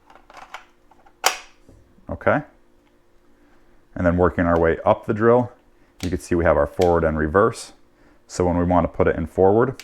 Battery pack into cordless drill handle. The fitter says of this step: with these grooves and just push in until you hear a click